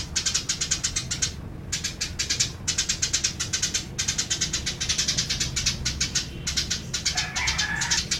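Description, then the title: Eurasian tree sparrow chirping in quick, regular pulsed bursts of high, harsh notes, almost continuous, with a few short silent breaks. "Suara Burung Gereja"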